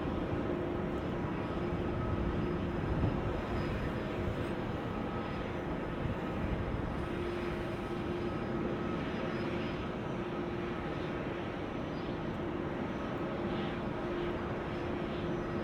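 Engine noise at an airfield runs steadily throughout, a dense, low rumble with a constant drone and a faint higher whine held on a fixed pitch. Loudness barely changes across the sixteen seconds, with only slight swells around three seconds and near the end.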